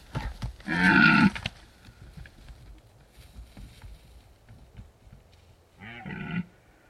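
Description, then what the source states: Red deer roar: one loud bellow early on, a quieter call near the end, and low rustling and thuds between them. Red deer stags rutting in the Carpathian Mountains, Bucovina, Romania.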